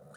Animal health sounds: pig call; piglet (1 to 25 days)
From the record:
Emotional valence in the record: negative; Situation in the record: long isolation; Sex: male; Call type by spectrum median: low-frequency call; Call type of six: mixed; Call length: 0.18 s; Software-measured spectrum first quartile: 378 Hz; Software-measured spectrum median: 863 Hz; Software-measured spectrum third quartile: 2314 Hz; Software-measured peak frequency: 155 Hz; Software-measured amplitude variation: 99 dB a second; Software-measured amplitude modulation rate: 17.0 a second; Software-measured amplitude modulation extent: 5.8 dB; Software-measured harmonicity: 2.8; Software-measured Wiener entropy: -2.43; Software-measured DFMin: 945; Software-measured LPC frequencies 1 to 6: 541, 1371, 1722, 3231, 3925, 4693 Hz

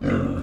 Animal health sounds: pig call; growing-finishing pig (85 days or more)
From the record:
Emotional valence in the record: negative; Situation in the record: barren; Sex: male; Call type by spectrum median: low-frequency call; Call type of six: low-frequency modulated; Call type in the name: low-frequency modulated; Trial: 2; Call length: 0.43 s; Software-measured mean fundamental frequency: 52 Hz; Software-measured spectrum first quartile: 185 Hz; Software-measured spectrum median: 301 Hz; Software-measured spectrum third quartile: 663 Hz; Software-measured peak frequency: 265 Hz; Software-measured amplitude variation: 163 dB a second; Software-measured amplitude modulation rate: 31.2 a second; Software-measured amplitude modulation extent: 5.2 dB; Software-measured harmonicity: -1.4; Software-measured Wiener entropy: -0.85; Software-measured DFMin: 818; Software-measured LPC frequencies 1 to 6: 359, 1360, 2014, 2794, 3606, 4617 Hz

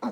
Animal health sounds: pig call; piglet (1 to 25 days)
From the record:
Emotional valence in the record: negative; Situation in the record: surprise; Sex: female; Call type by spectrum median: low-frequency call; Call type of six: low-frequency stable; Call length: 0.12 s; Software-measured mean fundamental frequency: 51 Hz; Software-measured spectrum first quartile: 243 Hz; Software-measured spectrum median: 434 Hz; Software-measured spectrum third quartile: 857 Hz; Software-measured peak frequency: 236 Hz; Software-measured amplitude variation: 111 dB a second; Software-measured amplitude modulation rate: 4.0 a second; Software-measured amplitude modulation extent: 27.6 dB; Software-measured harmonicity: 2.2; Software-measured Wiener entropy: -0.65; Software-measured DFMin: 1249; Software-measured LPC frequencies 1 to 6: 843, 2213, 4114, 5357, 5794, 7439 Hz

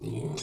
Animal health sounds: pig call; weaner (32 to 43 days)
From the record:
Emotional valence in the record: negative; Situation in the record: novel object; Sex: female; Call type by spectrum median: low-frequency call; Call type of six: mixed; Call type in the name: high-frequency modulated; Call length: 0.43 s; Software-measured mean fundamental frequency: 173 Hz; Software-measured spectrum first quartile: 219 Hz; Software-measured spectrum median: 553 Hz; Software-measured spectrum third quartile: 4334 Hz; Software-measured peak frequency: 145 Hz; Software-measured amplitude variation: 125 dB a second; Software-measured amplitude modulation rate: 24.6 a second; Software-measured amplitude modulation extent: 5.1 dB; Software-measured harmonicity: 2.5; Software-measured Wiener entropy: -4.52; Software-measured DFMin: 1035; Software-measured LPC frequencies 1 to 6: 339, 2435, 3430, 4055, 5020, 6715 Hz

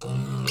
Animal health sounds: pig call; weaner (32 to 43 days)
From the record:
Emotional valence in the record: negative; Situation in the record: short isolation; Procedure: open field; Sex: female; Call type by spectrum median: low-frequency call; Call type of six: mixed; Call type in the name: high-frequency modulated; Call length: 0.51 s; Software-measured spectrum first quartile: 160 Hz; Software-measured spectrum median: 758 Hz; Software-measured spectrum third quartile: 3812 Hz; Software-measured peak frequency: 134 Hz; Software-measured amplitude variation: 88 dB a second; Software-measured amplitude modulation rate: 23.8 a second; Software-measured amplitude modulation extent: 3.7 dB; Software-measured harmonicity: 2.7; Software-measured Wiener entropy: -3.71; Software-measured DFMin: 807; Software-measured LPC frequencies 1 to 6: 1226, 2195, 2783, 3611, 4375, 4850 Hz

